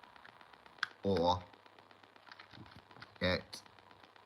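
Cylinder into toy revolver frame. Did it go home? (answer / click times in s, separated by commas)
no / none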